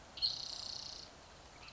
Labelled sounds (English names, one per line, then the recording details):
Spotted Towhee
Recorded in Sonoma County, California